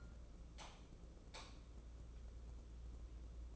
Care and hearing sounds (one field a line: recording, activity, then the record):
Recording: daily activity, microphone in the room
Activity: light on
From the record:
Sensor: 1